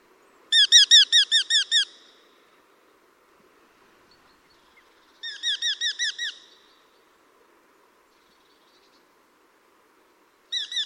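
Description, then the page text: Eurasian hobby calling, rapid series of several sharp, ringing notes, repeated in bursts several seconds apart with quiet pauses between. "Patrik berg - Чеглок (Falco subbuteo)"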